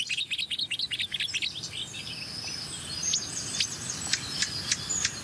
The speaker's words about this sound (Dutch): Zwartkopalarm.